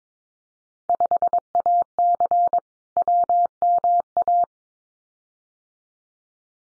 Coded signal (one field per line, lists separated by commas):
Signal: Morse code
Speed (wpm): 22 wpm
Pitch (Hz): 700 Hz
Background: none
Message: 5AC WMA